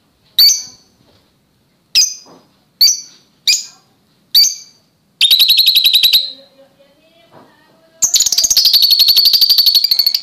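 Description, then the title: Oriental magpie-robin song: five sharp, high chirps about a second apart, then a fast buzzy rattle of rapid notes, a pause, and another long dry trill. "Kicau Kacer"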